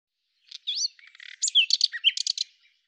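Common nightingale singing one continuous phrase of twisting whistles, buzzy bursts and sharp chirps, growing louder toward the middle and fading at the end.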